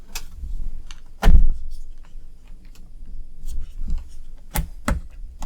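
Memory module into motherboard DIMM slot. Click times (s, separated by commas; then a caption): 4.6 s, 4.9 s. A memory stick is slid down into a motherboard DIMM slot during a Silverstone RM52 server build and pushed until its latch clicks. Sharp taps sound at 0.2 s and 0.9 s, with a louder, lower thump at 1.2 s, followed by quieter handling. Two crisp clicks at 4.6 s and 4.9 s mark the module seating in the slot.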